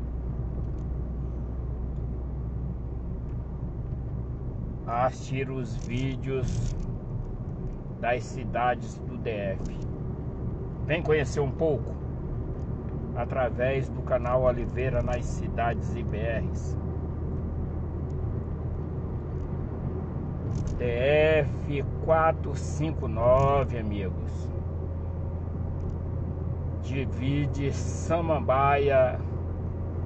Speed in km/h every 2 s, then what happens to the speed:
48, 49, 51, 52, 54, 56, 58, 61, 62, 64, 65, 65, 66, 66, 67.
0-18 speeds up to 64. 18-30 steady at about 65.